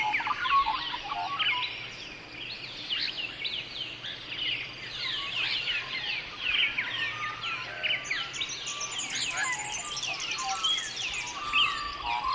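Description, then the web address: Dawn chorus of many birds: dense overlapping whistles, trills and chirps from several species singing continuously, with no single dominant voice. At dawn. "Songsof Earth dawnchorus"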